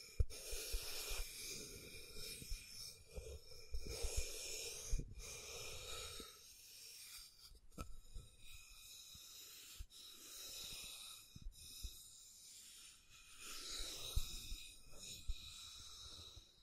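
Scratching and tracing on a surface, heard as rough, hissy strokes that come in bursts of a second or two with short pauses between. Sharper clicks and taps cut in now and then, near 5, 8 and 10 seconds, over a faint steady tone.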